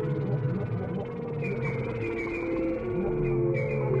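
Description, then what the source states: Whales calling together in sustained, level tones, with a few short whistles and upward slides above a low background hum. Chorus of several whales.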